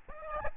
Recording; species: mosquito wingbeat signal from an infrared sensor; Aedes albopictus